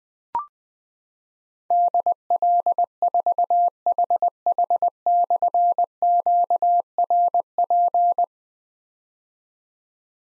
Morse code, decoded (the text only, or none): DL4HH/QRP